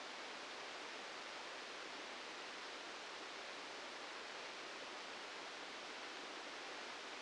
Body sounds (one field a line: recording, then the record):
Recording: brain microelectrode recording played as sound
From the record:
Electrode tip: outside the subthalamic nucleus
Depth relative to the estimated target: -4 mm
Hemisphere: left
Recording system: NeuroSet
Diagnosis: Parkinson's disease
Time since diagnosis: 13 years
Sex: male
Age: 65 years